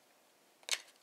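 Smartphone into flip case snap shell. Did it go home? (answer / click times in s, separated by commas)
no / none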